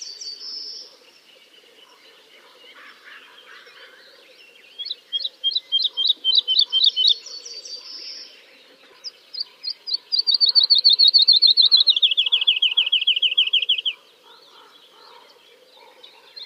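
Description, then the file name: Woodlark delivering two song phrases of repeated notes, the second long, bright and gradually descending. "kicau master woodlark"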